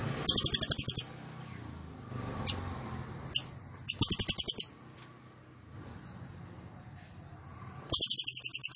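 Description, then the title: Cililin singing repeated fast, high, rattling trills, three bursts with short sharp chips between, over steady low background noise. Recording made for training caged birds; song style called trorol konslet; bird singing very actively (gacor banget). "Cililin AMPUH"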